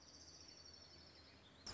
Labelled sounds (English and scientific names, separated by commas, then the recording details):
Orange-crowned Warbler (Leiothlypis celata)
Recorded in Sonoma County, California